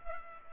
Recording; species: mosquito wingbeat signal from an infrared sensor; Culex pipiens